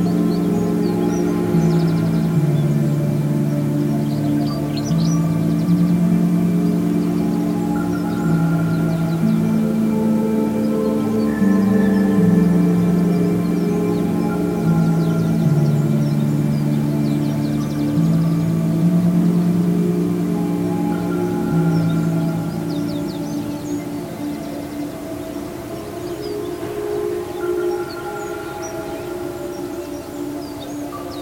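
Inside a Bronze Age burial chamber before sunrise, a low, ringing tone hums steadily, stepping between a few nearby pitches every two or three seconds. Faint, scattered bird calls sound above it, and the whole sound softens slightly toward the end.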